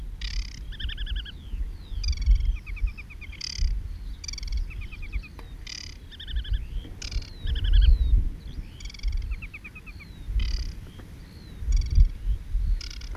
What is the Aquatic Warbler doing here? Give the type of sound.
song